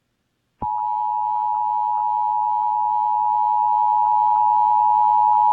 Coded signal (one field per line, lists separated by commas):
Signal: Emergency Alert System (SAME) tones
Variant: 853 and 960 Hz attention tone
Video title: Amber Alert Emergency Alert System alert airs on WBAP, KAZD, KSCS and KTXD on 6/6/24.